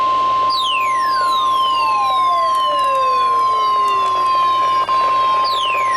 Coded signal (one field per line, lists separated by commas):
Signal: Emergency Alert System (SAME) tones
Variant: 1050 Hz attention tone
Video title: ILX Required Weekly Test On WXJ75 & KXI46 8/5/2026 (EAS #3,635-3,636)